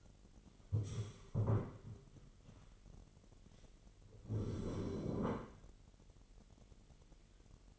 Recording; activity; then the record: daily activity, microphone in the room; stand up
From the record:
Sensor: 4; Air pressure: 999.4 hPa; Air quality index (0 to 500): 108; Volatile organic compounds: 2 ppm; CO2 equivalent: 1068 ppm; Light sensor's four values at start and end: 11/26/10/11 and 11/26/10/11